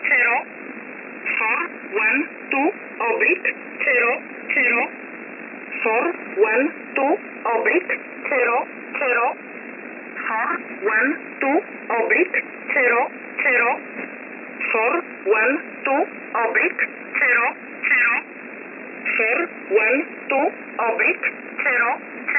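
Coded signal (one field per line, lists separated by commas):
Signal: numbers station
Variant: E11 Oblique, English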